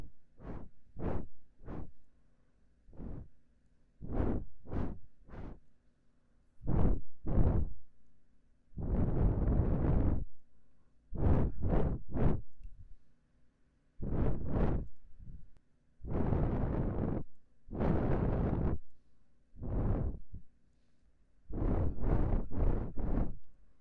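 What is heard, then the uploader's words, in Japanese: Mouth sounds: quick, sharp pops and clicks come in rapid little runs, broken up by longer breathy, hissing puffs about a second each. The rhythm is uneven, with short gaps of quiet, and a faint low hum sits underneath throughout. 戳戳你的眼睛 | 口腔音×視覺觸發 | MouthSounds | Visual Triggers | NO Talking。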